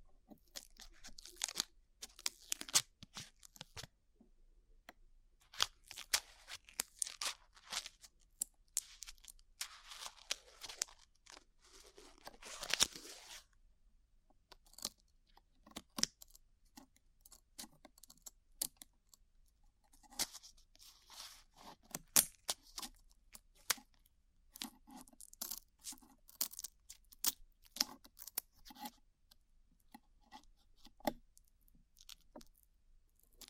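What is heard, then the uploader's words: Glue is peeled away in a close run of sticky crackles, snaps and short tearing sounds, bright and uneven throughout. Bursts come in quick clusters with brief quiet gaps between them, and a longer, denser peel swells around the twelve-second mark. ASMR Peeling Glue Off Your Ears (No Talking).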